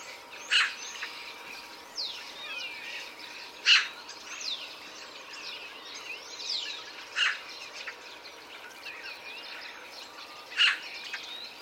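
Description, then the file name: Eurasian magpie giving single harsh, rasping chak calls, four of them spaced a few seconds apart, over a busy background of thin whistling songbirds. "Pica pica"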